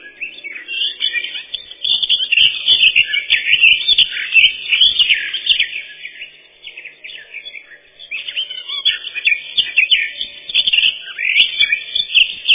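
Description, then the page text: Eurasian blackcap singing a long, continuous warble of quick, varied notes, with a short dip in volume near the middle before picking up again. "Славка-черноголовка — Sylvia atricapilla"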